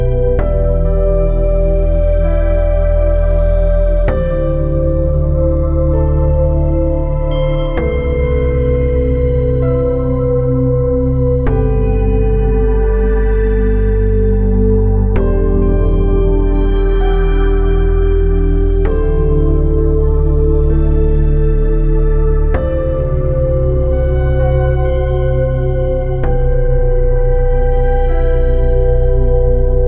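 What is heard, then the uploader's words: Binaural beats sound as a dense, steady drone of low sustained tones with a warm, humming bed underneath. Every four seconds or so the chord shifts, with a soft onset marking each change, while faint shimmering overtones float higher up at a constant, even loudness. Binaural Beats.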